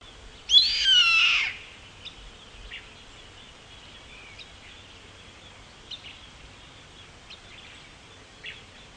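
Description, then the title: Yellow-headed caracara uttering one loud, hoarse screech near the start, then quiet with a few soft chips. "LuckyPassaro Completos2Sama. Yellow-headed Caracara (Milvago chimachima)"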